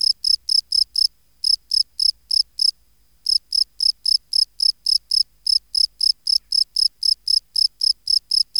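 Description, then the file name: Field cricket producing rhythmic shrill chirps in quick succession, pausing twice briefly before resuming the same even pattern. "Gryllus campestris"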